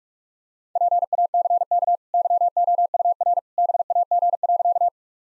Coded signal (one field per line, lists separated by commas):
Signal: Morse code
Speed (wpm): 41 wpm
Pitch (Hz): 700 Hz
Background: none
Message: PACK YOUR BAG.